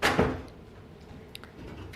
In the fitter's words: So then this whole module just snaps back in if you just give it a good smash.